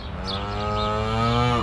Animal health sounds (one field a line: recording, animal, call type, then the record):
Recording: contact call of a hoofed animal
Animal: cattle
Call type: low-frequency (closed-mouth) or high-frequency (open-mouth) call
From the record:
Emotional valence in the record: negative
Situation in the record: full separation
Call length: 1.64 s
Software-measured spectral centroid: 2010 Hz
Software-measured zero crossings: 2050 a second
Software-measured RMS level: -24 dBFS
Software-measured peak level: -9 dBFS